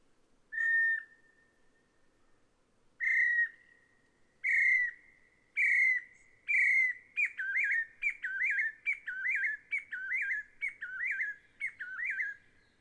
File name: Dactylortyx thoracicus